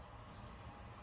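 The lid of a gift case holding the handmade silver saber "Dynasty", which is held inside by elastic bands, is being closed so its case lock latches can snap shut. Only a steady low-frequency rumble with broadband noise is heard, with no sharp hits. Nothing has seated or clicked yet; the locks have not snapped into place.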